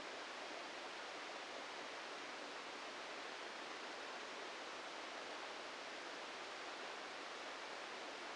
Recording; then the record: brain microelectrode recording played as sound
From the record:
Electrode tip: inside the subthalamic nucleus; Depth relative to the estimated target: 0 mm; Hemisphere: left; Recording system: NeuroSet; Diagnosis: Parkinson's disease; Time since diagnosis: 14 years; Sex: male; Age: 51 years